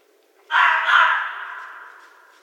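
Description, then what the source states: Red fox giving one harsh, hoarse scream that starts abruptly and fades over about two seconds, with no other clear sounds. Recorded in 2012.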